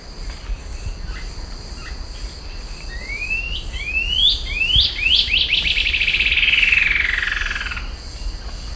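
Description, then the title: Cinereous antshrike gives upslurred whistles quickening into a rapid trill that slides downward, over a constant high-pitched background drone. Subspecies glaucus. "LuckyPassaro Completos2Sama. Cinereous Antshrike (Thamnomanes caesius glaucus)"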